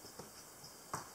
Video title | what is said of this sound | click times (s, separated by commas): Camera - Exakta VX iib | then to close it you could just rotate this until it snaps back in again | 0.9 s